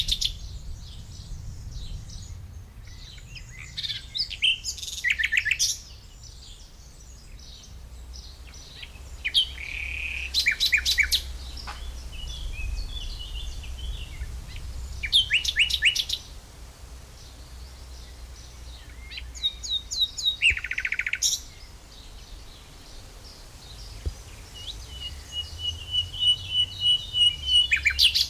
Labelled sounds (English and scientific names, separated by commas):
Common Nightingale (Luscinia megarhynchos) song